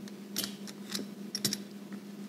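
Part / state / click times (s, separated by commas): metal fan blade into the fan hub of a turbofan model / seated / 1.3 s, 1.4 s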